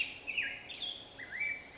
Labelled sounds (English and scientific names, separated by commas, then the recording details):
Black-headed Grosbeak (Pheucticus melanocephalus)
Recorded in Sonoma County, California